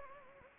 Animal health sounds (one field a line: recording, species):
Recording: mosquito wingbeat signal from an infrared sensor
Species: Anopheles gambiae